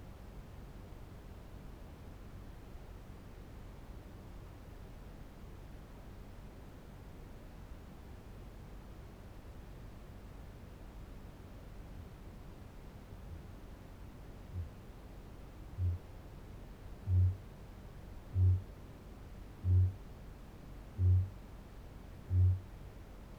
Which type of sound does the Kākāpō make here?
boom